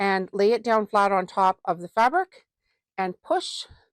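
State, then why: Not seated. A woman talks while handling a Clover fabric tube maker, laying its second plastic half flat on top of the fabric strip and batting and starting to push it toward the first half. Nothing has seated or clicked yet by the end of the clip.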